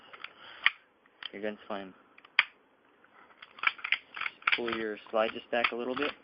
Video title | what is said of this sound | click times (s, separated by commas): Evike Custom 1911 Hi Capa part 2 of 3 | slot should meet there push the pin in you hear a click | 0.7 s